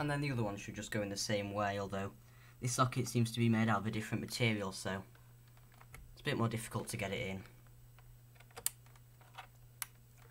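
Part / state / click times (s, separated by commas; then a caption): laptop SO-DIMM memory module into its second memory socket / seated / 8.7 s, 9.8 s. A second SO-DIMM memory module is pushed down into the second memory socket of an HP Compaq 6710b laptop during a 1GB to 4GB RAM upgrade; this socket is made of a different material and is harder to get the module into. Someone talks first, then after a few faint ticks the module snaps in with two loud, sharp clicks at 8.7 s and 9.8 s. The module ends up seated.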